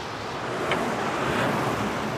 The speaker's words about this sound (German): Ich bin 80 oder 100 Meter weit gekommen, da höre ich im Verkehrslärm den Motor des 12-Tonners starten.